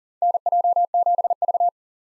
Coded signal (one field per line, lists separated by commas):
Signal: Morse code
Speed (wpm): 37 wpm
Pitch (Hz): 700 Hz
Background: none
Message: NJ7V